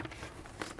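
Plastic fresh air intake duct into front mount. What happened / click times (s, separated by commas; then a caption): The plastic duct is being handled but has not clicked home yet / none. A plastic fresh air intake duct is handled and fitted at the front mount of a BMW N55 engine (2009-2019 BMW E90 335i, F30 335i, F87 M2, E82 135is) during a rod bearing replacement. Soft plastic rustling and patter are heard, with a slightly louder scrape around 0.6 s. Nothing has seated or clicked into place yet.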